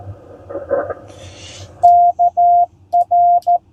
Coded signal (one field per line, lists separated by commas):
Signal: Morse code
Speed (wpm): 13 wpm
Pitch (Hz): 700 Hz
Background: none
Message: KR